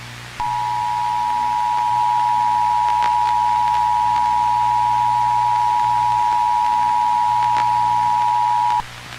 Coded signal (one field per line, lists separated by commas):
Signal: Emergency Alert System (SAME) tones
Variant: 853 and 960 Hz attention tone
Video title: EAS Scenario: THE ABOMINABLE. A Jurassic World Analog Horror/EAS Scenario.